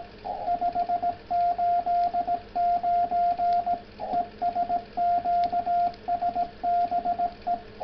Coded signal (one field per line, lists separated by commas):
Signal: Morse code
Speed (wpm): 18 wpm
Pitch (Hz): 700 Hz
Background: radio noise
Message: 589 ES QSB E